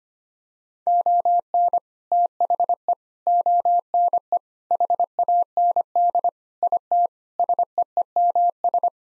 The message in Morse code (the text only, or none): ON THE ONE HAND IT SEEMS